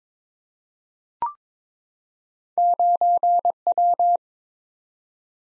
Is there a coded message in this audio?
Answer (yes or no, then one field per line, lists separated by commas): yes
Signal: Morse code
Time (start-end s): 2.6-4.2 s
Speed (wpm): 22 wpm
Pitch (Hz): 700 Hz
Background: none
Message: 9W